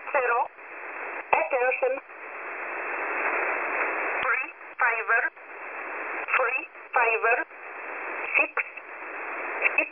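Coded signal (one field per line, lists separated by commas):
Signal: numbers station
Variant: E11a (Oblique)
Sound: short spoken words at uneven intervals amid hissy shortwave static, with a few sharp clicks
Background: radio static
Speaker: next E1 a uh Transmissions go wrong is the attention when it's just broken for some reason um you don't hear the attention in the whole transmission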